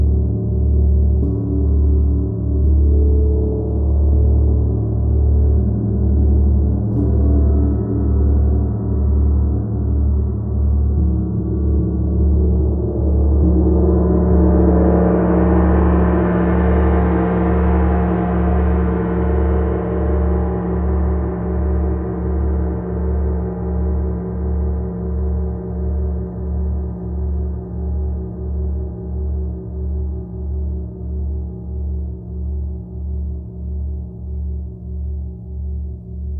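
A gong bath: deep, sustained gong tones hum and throb with a steady slow pulsing beat throughout. Around the middle the sound swells brighter as a shimmering wash rises, then gradually softens and settles back into the low, pulsing drone.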